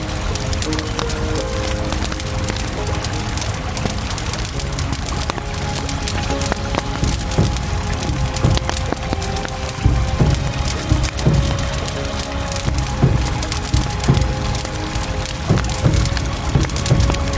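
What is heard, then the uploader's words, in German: A campfire burns beside the Isar river, with dense, continuous crackling and sharp snaps of splitting wood scattered throughout. A steady low rush of water runs underneath, and faint sustained tones hover in the background. The level stays even across the whole clip. Aufnahme von der Isar mit einem gemütlichen Lagerfeuer.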